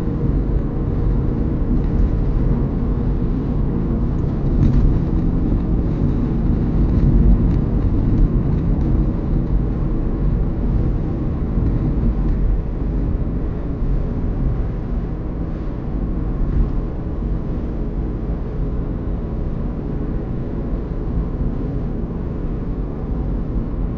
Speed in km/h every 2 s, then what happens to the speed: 69, 69, 68, 67, 67, 66, 66, 65, 65, 65, 65, 65.
0-24 steady at about 66.